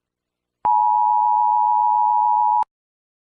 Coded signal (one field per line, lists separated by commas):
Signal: Emergency Alert System (SAME) tones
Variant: 853 and 960 Hz attention tone